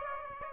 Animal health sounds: mosquito wingbeat signal from an infrared sensor; Aedes aegypti

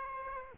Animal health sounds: mosquito wingbeat signal from an infrared sensor; Aedes aegypti

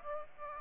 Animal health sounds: mosquito wingbeat signal from an infrared sensor; Aedes aegypti

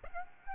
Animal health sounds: mosquito wingbeat signal from an infrared sensor; Aedes aegypti

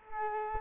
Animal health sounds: mosquito wingbeat signal from an infrared sensor; Culex quinquefasciatus

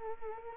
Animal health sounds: mosquito wingbeat signal from an infrared sensor; Culex quinquefasciatus

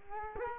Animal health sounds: mosquito wingbeat signal from an infrared sensor; Culex quinquefasciatus

